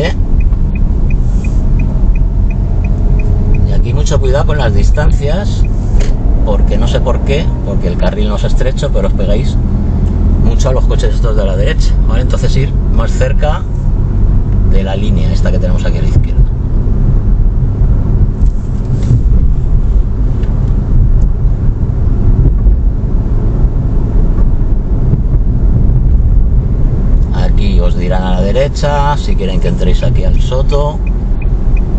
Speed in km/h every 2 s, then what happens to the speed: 15, 22, 24, 27, 33, 34, 37, 39, 41, 41, 42, 42, 42, 44, 42, 37.
0-16 speeds up to 41. 16-26 steady at about 42. 26-32 slows to 37.